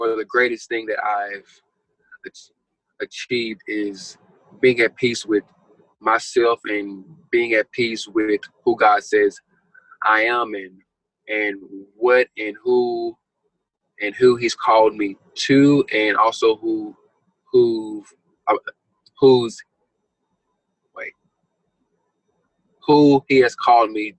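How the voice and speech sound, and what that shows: Man who has stuttered since childhood speaking with repeated 'who' words, drawn-out sounds and long pauses: stuttering, a speech fluency disorder.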